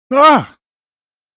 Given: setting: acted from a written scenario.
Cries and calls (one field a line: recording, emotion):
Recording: vocal sound without words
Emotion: distress